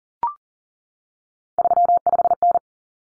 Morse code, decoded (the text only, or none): 35N